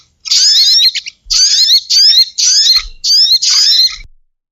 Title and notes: Suara Burung Bandel Yang Susah Mendekati. Suara Pikat Burung